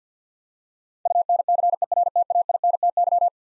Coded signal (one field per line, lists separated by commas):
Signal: Morse code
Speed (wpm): 48 wpm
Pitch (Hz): 700 Hz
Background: none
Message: UNCERTAINTY